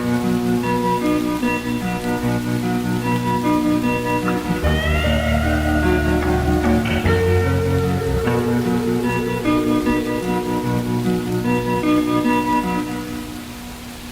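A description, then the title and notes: Rain falls in a dense, even hiss across a farm atmosphere, over a layer of steady droning tones. Between about five and seven seconds a heavier low rumble joins with a brief rising whine, and the sound eases slightly at the end. Farm academia atmosphere with rain.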